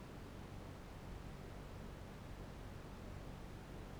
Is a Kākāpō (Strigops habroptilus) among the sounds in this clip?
no